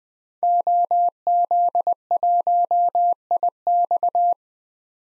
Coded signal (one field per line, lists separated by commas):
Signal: Morse code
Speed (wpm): 20 wpm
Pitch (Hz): 700 Hz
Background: none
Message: OZ1IX